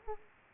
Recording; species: mosquito wingbeat signal from an infrared sensor; Aedes aegypti